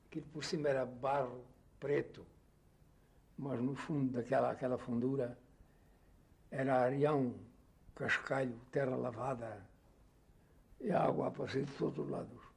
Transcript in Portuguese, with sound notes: Aquilo por cima era barro preto. Mas no fundo daquela, aquela fundura [pausa] era areão, cascalho, terra lavada – e a água a aparecer de todos os lados!